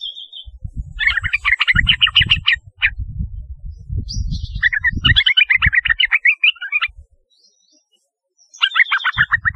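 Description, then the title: Yellow-vented bulbul song: long chattering, gurgling phrases with a few high notes, separated by pauses, with intermittent low thudding noise beneath. "Trucukan"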